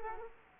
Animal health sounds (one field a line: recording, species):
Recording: mosquito wingbeat signal from an infrared sensor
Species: Culex quinquefasciatus